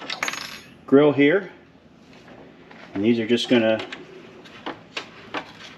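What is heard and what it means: During installation of an American Modified Armor Grille with amber lights on a 2018+ Jeep Wrangler JL or Gladiator JT, plastic retaining clips are pressed onto the mounting tabs of the plastic front grille, where catches bite into the plastic. A few quick clinks come at the start and someone talks. Two sharp snaps at 4.7 s and 5.0 s mark the clip seating into place.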